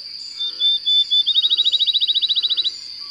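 Bird sings short whistled notes leading into a rapid repeated trill lasting over a second, with a constant high-pitched buzz behind it.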